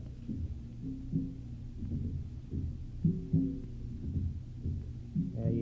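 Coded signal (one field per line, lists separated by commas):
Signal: talking drum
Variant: Ashanti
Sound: deep resonant drum strokes in irregular rhythm, some pitches bending, about eight strokes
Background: radio drama backdrop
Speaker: You hear that? >> The talking drums. The inani drums. >> You hear them all the time nowadays.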